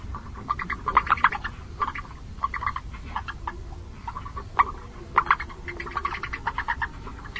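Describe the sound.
Long-legged frog calls: clusters of fast, rattling clucks, with brief pauses between bursts and a low droning background.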